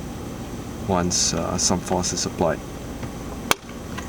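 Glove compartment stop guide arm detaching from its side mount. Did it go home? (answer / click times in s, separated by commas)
released / 3.5 s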